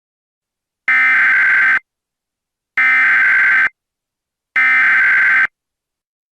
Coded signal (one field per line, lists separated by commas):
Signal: Emergency Alert System (SAME) tones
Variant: header bursts